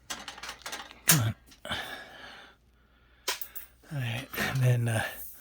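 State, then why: Not seated. A rack-mount interlock rail kit part is handled and lined up against a server rack frame, producing several short, sharp metallic taps and knocks between brief stretches of quiet. Someone talks throughout. Nothing has seated or clicked into place yet.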